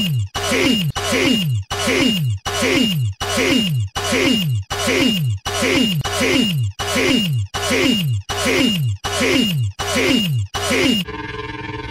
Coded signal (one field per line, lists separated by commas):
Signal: none